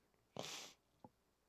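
A single sneeze from an adult man: a sharp onset, then a forceful hissing burst of about half a second, then a faint click. He sounds like this every time he sneezes.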